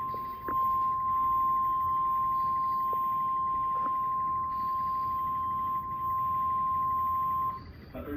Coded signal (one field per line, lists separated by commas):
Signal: Emergency Alert System (SAME) tones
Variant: 1050 Hz attention tone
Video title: Severe Thunderstorm Warning EAS (Cox) 6/27/2025